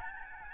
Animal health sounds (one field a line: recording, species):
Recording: mosquito wingbeat signal from an infrared sensor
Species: Aedes albopictus